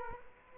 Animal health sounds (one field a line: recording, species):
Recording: mosquito wingbeat signal from an infrared sensor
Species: Culex quinquefasciatus